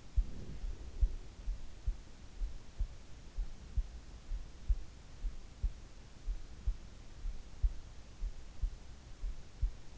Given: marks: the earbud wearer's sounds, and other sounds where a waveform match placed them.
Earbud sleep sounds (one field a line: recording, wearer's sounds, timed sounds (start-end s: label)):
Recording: sounds in sleep by an in-ear microphone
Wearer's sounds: breath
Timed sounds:
0.00-1.52 s: breath